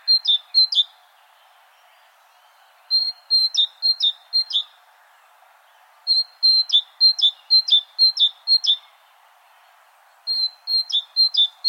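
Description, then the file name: Great tit sings four bouts of quick, repeated high-low whistled pairs, each bout lasting one to three seconds and separated by short silences. "Parus major"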